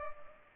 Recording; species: mosquito wingbeat signal from an infrared sensor; Culex pipiens